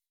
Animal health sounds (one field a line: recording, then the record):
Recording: hydrophone in a shrimp aquaculture tank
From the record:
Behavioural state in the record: weakened